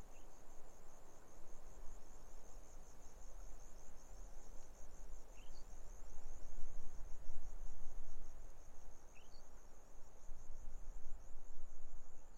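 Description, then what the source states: Grasshopper stridulation, a rapid high pulsed drone throughout; a few short bird chips and steady wind noise beneath. Grasshoppers stridulating on a lukewarm autumn afternoon, 6 May 2015, arid Barrier Ranges near Broken Hill, Australian outback; wind in desert she-oaks, sparse bird song.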